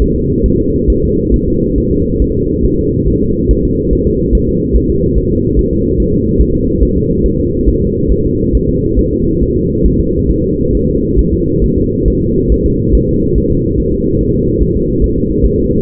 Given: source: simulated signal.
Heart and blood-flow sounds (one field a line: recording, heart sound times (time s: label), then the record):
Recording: fetal heart sounds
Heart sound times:
0.02 s: S1
0.16 s: S2
0.46 s: S1
0.60 s: S2
0.90 s: S1
1.04 s: S2
1.34 s: S1
1.48 s: S2
1.78 s: S1
1.92 s: S2
2.22 s: S1
2.36 s: S2
2.65 s: S1
2.79 s: S2
3.08 s: S1
3.23 s: S2
3.51 s: S1
3.65 s: S2
3.93 s: S1
4.07 s: S2
4.35 s: S1
4.49 s: S2
4.76 s: S1
4.91 s: S2
5.18 s: S1
5.32 s: S2
5.59 s: S1
5.73 s: S2
6.00 s: S1
6.14 s: S2
6.42 s: S1
6.56 s: S2
6.83 s: S1
6.97 s: S2
7.26 s: S1
7.40 s: S2
7.69 s: S1
7.82 s: S2
8.12 s: S1
8.26 s: S2
8.55 s: S1
8.69 s: S2
8.99 s: S1
9.13 s: S2
9.43 s: S1
9.56 s: S2
9.86 s: S1
10.00 s: S2
10.31 s: S1
10.44 s: S2
10.75 s: S1
10.89 s: S2
11.19 s: S1
11.33 s: S2
11.64 s: S1
11.78 s: S2
12.08 s: S1
12.22 s: S2
12.52 s: S1
12.66 s: S2
12.95 s: S1
13.09 s: S2
13.38 s: S1
13.52 s: S2
13.80 s: S1
13.94 s: S2
14.21 s: S1
14.35 s: S2
14.62 s: S1
14.76 s: S2
15.04 s: S1
15.18 s: S2
15.45 s: S1
15.60 s: S2
From the record:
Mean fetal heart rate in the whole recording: 140 bpm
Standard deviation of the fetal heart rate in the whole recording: 2 bpm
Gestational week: 34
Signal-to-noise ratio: -14.7 dB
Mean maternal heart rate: 72 bpm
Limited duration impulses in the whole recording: present